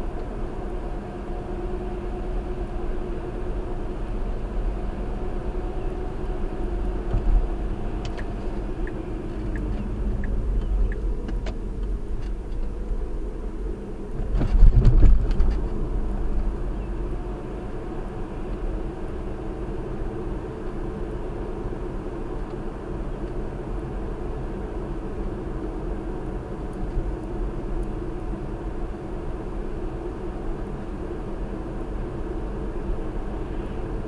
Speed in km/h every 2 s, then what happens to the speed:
69, 69, 71, 69, 63, 48, 47, 52, 61, 66, 66, 64, 64, 64, 64, 64, 64.
0-7 steady at about 69. 7-11 brakes to 47. 11-18 speeds up to 66. 18-34 steady at about 64.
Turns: none.